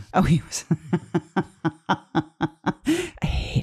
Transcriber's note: whispers